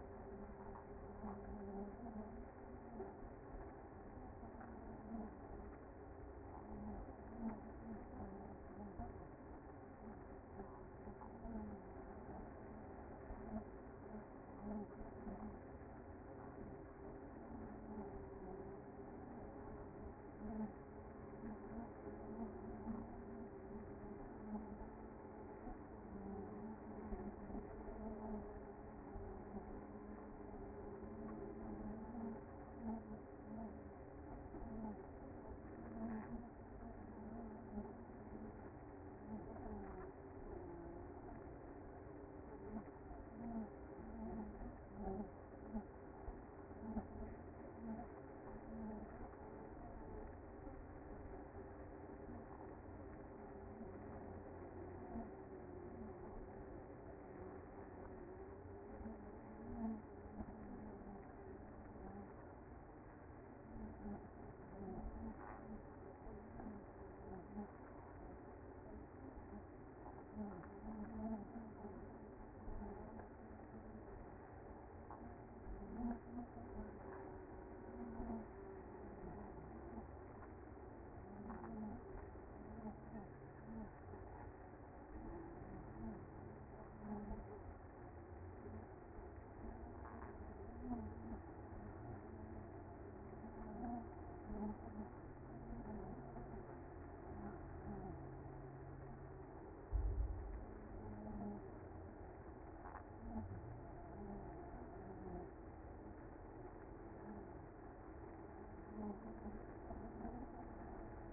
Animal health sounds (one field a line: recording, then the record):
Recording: honeybee colony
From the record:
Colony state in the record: active